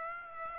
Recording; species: mosquito wingbeat signal from an infrared sensor; Aedes aegypti